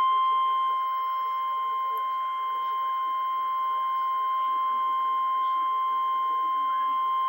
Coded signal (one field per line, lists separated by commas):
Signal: Emergency Alert System (SAME) tones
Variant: 1050 Hz attention tone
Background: speech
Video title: REAL EAS 501-Severe thunderstorm warning war